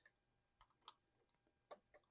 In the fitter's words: and it'll click a second time as it gets into its final position there it goes okay and